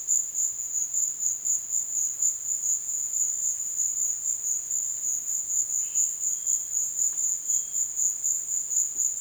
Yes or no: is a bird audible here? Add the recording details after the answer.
no. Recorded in dense forest near Puerto Asís, Putumayo, Colombia, on 22 June 2025 at 16:00. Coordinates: 0.484, -76.325. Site H65